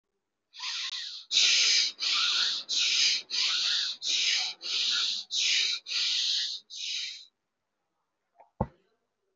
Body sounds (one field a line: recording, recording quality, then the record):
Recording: shallow breathing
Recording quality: excellent, no background noise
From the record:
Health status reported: respiratory illness, not identified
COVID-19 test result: negative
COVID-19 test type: RT-PCR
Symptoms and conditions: cold, breathing difficulty, asthma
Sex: male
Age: 25 years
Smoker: no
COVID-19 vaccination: one dose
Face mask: worn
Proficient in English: yes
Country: India